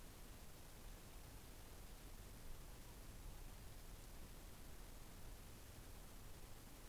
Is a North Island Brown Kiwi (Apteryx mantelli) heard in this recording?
no